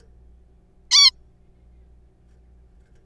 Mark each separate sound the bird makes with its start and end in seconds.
0.91-1.11